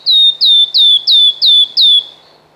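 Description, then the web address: Wood warbler song: six clear, descending piping whistles, evenly spaced about every third of a second, then quiet. "Kurs PTTK Przyroda Ptaki Świstunka leśna"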